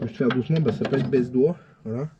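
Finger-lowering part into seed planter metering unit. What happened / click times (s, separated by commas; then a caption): The part is handled but has not clicked into place yet / none. A finger-lowering part ("baisse-doigt") is being handled as it is fitted into a seed planter's metering unit. Someone talks throughout, with no distinct clicks. Nothing has seated or clicked yet; the part is not home by the end.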